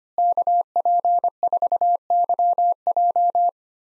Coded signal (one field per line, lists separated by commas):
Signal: Morse code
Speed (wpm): 25 wpm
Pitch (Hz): 700 Hz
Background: none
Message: KP4YJ